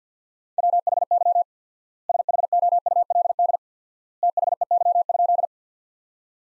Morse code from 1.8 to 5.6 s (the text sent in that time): SHOULD THEY?